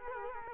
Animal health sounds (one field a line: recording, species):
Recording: mosquito wingbeat signal from an infrared sensor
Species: Culex quinquefasciatus